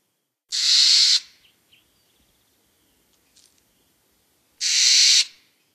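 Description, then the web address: Steller's jay call: two loud, raspy, harsh notes, each under a second long, separated by over three seconds of near silence. North America. "Songs of Birds of North America Stokes. Stellers Jay"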